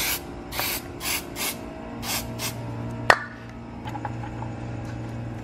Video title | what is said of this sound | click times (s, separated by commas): How To Replace N55 Vanos Solenoid (135i, 335i, 535i, E82, E90, E92) | So you'll hear it pop in once it's slid in all the way, because it'll bottom out against the head and its mating surface. | 3.1 s